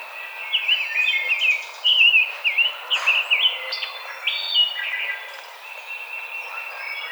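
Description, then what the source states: Rose-breasted grosbeak song: rich, sweet warbled phrases rising and falling quickly, several bursts in the first half, with other birds chirping faintly in the background. Recorded on 5 May 2007.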